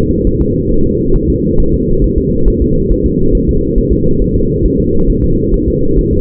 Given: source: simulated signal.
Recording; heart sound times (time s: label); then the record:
fetal heart sounds
0.27 s: S1
0.41 s: S2
0.72 s: S1
0.86 s: S2
1.16 s: S1
1.30 s: S2
1.60 s: S1
1.74 s: S2
2.04 s: S1
2.18 s: S2
2.48 s: S1
2.62 s: S2
2.91 s: S1
3.06 s: S2
3.35 s: S1
3.49 s: S2
3.78 s: S1
3.93 s: S2
4.22 s: S1
4.36 s: S2
4.66 s: S1
4.80 s: S2
5.10 s: S1
5.24 s: S2
5.54 s: S1
5.68 s: S2
5.99 s: S1
6.13 s: S2
From the record:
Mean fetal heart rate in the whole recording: 135 bpm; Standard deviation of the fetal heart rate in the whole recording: 3 bpm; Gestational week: 36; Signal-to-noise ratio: -16.4 dB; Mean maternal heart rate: 72 bpm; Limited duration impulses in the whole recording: present